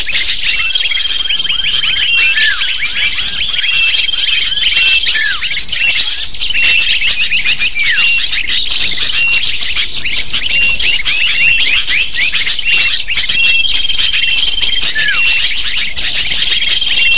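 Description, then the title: A dense lovebird chorus of shrill squeaks and twittering chirps runs unbroken, with a steady high whistled tone appearing now and then. Lure recording (pikat) used to attract lovebirds. "PIKAT BURUNG LOVEBIRD"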